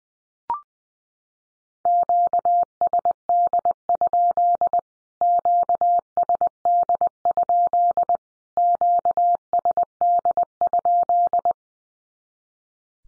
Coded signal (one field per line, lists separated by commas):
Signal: Morse code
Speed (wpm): 20 wpm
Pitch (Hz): 700 Hz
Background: none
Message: QSD? QSD? QSD?